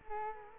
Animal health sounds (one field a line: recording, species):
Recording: mosquito wingbeat signal from an infrared sensor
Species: Culex quinquefasciatus